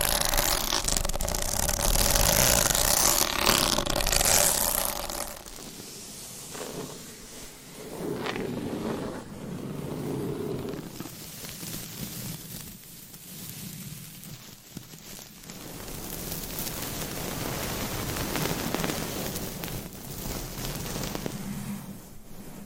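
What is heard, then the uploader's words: Scratching and tapping sounds shift in character over the clip. The first five seconds are loud and dense with bright, hissing scratches, then the sound drops to quieter, softer rubbing and tapping with uneven swells, rising again somewhat after fifteen seconds. ASMR Scratching & Tapping That Changes Every 5 Seconds ASMR for ADHD - No Talking.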